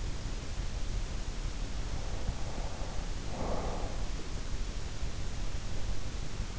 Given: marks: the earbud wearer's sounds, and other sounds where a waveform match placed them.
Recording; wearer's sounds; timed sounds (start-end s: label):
sounds in sleep by an in-ear microphone; breath
2.19-4.17 s: breath